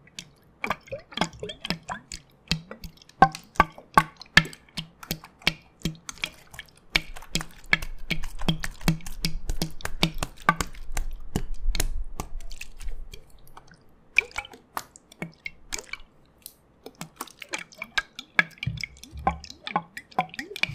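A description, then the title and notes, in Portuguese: Wet, sticky liquid and cream sounds fill the clip with rapid taps and squishes, dozens of sharp clicks in quick irregular bursts. Around the middle a low rumbling swirl joins in for several seconds, then the crisp wet tapping resumes, slightly sparser toward the end. Sons Líquidos, Oleosos e Cremes + Aggressive Tapping [No Talking]. ASMR [No talking] com sons de água, óleos, garrafa de whisky e cremes densos e não densos.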